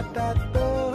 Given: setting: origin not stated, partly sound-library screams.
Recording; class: one-second piece from a danger detection set; normal situation